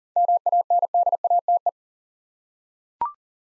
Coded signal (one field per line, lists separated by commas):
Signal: Morse code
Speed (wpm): 39 wpm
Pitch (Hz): 700 Hz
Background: none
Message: MANDATE